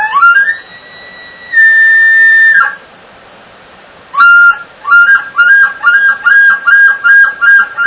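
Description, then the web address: Elk bull bugle: a long, high, clear whistle that steps up and holds, a short pause, then a rapid series of pulsed, grunting chuckles with whistled tones. "bowsite. elkcontest elk 2001 soundfiles bull"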